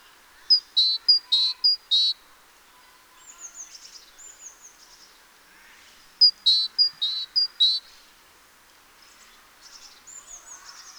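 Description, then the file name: Great tit calls in two bouts of sharp high notes mixed with buzzy chatters, with softer twittering in the gaps. "Parus major"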